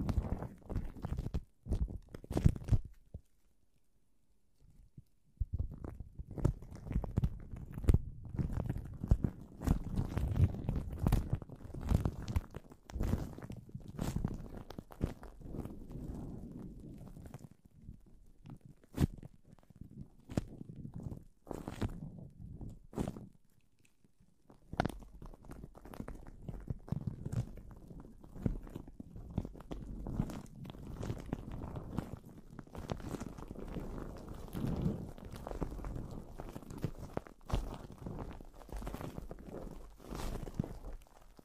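Plastic wrap rubbing and crinkling over a microphone, a dense run of soft rustles and sharp crackles that fills most of the 41 seconds. The handling is mostly low and muffled, with bright clicks scattered throughout, and pauses near 3 seconds and around 23 seconds.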